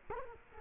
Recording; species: mosquito wingbeat signal from an infrared sensor; Culex quinquefasciatus